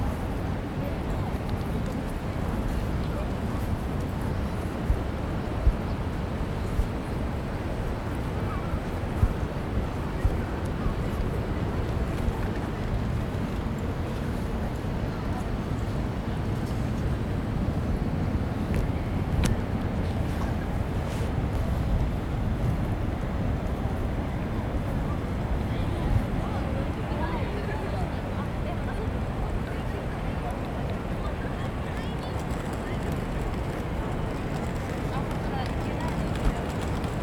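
Outdoor ambience in the plaza in front of Tokyo Station: a steady, dense bed of low traffic rumble and murmuring voices holds level throughout. Brief sharp clicks or knocks pop out now and then, around 6, 10 and 20 seconds.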